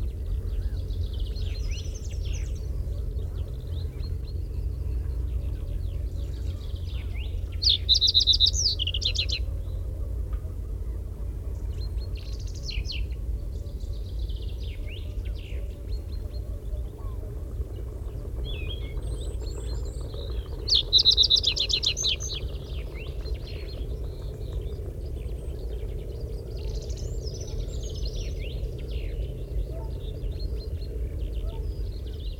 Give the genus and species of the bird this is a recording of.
Emberiza schoeniclus